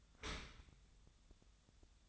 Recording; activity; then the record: daily activity, microphone in the room; open dishwasher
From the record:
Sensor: 3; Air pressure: 1004.6 hPa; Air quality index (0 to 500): 106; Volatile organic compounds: 4 ppm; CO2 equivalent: 1671 ppm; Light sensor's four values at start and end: 7/17/7/6 and 7/17/7/6